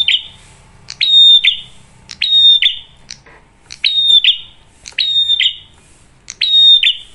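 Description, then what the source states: Bar-winged prinia song: each phrase opens with a sharp click, then a bright whistled note that holds steady before dropping, repeated about once a second; faint low hum below. Loud, clear singing used as a lure to make other birds sing.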